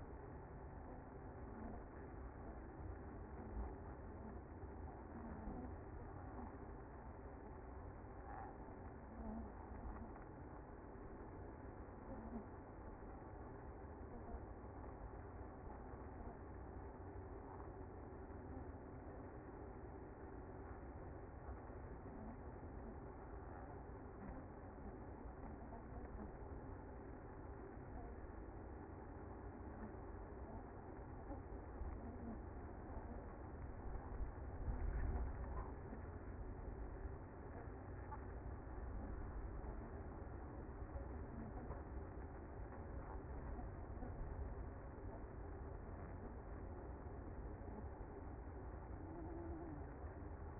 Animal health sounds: honeybee colony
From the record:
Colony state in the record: active

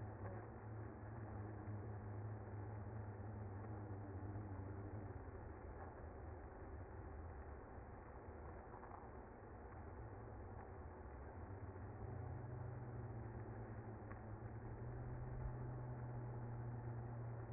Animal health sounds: honeybee colony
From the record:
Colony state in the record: active

